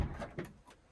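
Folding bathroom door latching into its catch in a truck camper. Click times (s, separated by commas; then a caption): 0.4 s. A folding bathroom door in a 2005 Lance 981 truck camper is pushed shut and latches into its catch with one sharp knock at 0.4 s, after a soft rustle of the closing door. It locks into place so it won't swing open while traveling.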